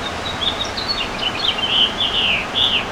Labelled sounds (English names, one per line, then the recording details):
House Finch song
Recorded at Patchogue on Long Island, New York, on 21 June 2013
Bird G